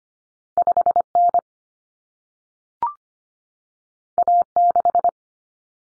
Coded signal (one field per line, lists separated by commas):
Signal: Morse code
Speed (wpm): 25 wpm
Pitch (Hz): 700 Hz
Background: none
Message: 5N A6